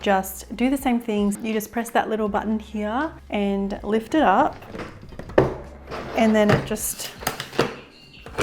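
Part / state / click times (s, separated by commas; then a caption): expandable section of a hardside suitcase collapsing into its locked compact position / seated / 7.4 s. Someone talks while pressing a small release button on an expanded VELO 3-in-1 expandable hardside suitcase and lifting it. The expanded section is pushed back down to its compact size, with a sharp knock at about 5.4 s. It clicks back into its locked compact position at 7.4 s.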